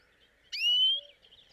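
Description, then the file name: European greenfinch giving a single nasal, rising wheeze that climbs steadily over about half a second. "Chloris chloris"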